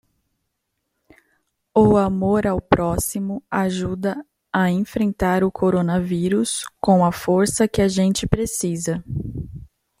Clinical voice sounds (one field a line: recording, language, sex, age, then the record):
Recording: spoken sentence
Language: Brazilian Portuguese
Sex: female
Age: 20 to 29 years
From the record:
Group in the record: control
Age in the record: 29 years